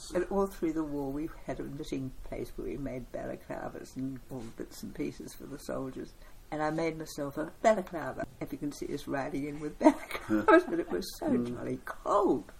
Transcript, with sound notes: All through the war we had a knitting place where we made balaclavas and all the bits and pieces for the soldiers, and I made myself a balaclava. And if you could see us riding in with balaclavas, [chuckle] but it was so jolly cold.